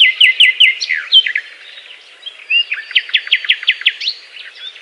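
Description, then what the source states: Nightingale song: a quick series of repeated chirps, a short pause, then another bright rattling run of notes. Song described as a love serenade.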